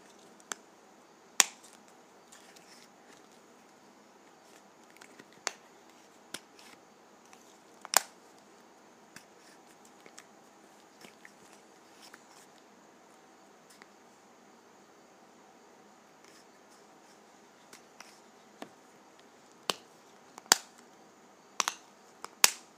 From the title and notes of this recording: ASMR Lip Gloss Container.